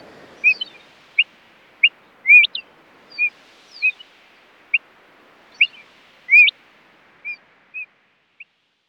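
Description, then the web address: Fire-eyed diucon calls: short clear whistled notes around a steady pitch, some rising or slurred, given irregularly about every half second to second in a quiet setting. "darwin 2009. Fire Eyed Diucon"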